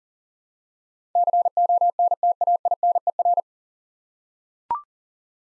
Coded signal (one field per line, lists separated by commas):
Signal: Morse code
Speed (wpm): 40 wpm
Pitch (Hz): 700 Hz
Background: none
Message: CONTAINER